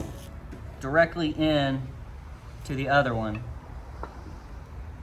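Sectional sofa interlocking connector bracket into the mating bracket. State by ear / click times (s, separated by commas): seated / 4.0 s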